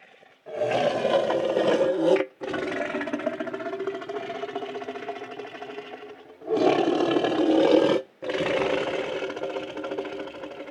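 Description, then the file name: Tiger roaring in four long, rasping bursts separated by brief gaps. "Sound Effects Zone - Tiger Roar"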